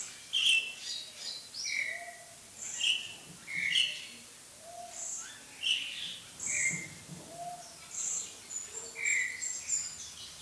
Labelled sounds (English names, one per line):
Vitelline Masked-Weaver call